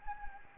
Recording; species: mosquito wingbeat signal from an infrared sensor; Anopheles gambiae